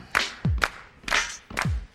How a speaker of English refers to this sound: And on the spot, now clap. Sounds good. Try faster.